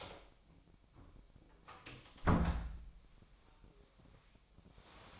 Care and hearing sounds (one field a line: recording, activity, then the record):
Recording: daily activity, microphone in the room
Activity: close door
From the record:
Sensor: 1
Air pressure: 1007.4 hPa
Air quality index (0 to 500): 198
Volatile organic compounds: 19 ppm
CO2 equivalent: 2671 ppm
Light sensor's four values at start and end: 13/34/14/15 and 13/33/13/15